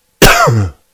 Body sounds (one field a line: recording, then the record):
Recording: coughing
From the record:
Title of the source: Coughing 51